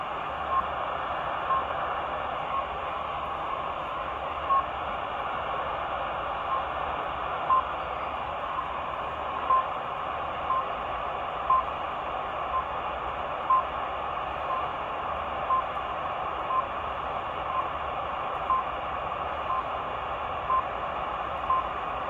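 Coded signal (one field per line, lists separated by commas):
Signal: radio time signal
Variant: RWM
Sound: short beep about once every second over steady shortwave hiss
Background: radio static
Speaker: now is the rwm time signal station out of moscow russia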